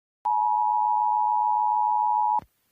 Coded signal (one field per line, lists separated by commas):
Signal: Emergency Alert System (SAME) tones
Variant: 853 and 960 Hz attention tone